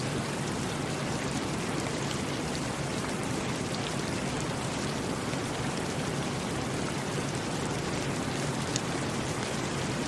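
Rain falls steadily and evenly, a dense hiss of countless drops spread from low rumble to bright crackle. The level holds constant throughout, with fine pattering detail and no distinct events breaking the wash of sound.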